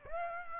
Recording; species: mosquito wingbeat signal from an infrared sensor; Aedes aegypti